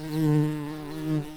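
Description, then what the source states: Tree bumblebee giving a low, steady droning buzz with rich overtones, swelling slightly and easing off near the end. Queens.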